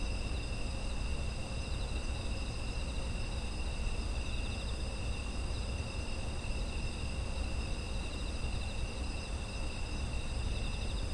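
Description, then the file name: Insects trilling in a steady chorus, several continuous high-pitched bands layered without pause, over a constant low rumble. Autumn insect ambience. "秋の虫の環境音"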